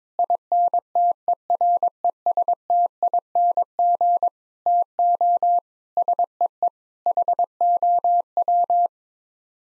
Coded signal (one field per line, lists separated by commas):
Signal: Morse code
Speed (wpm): 22 wpm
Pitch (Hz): 700 Hz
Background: none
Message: INTERESTING TO SEE HOW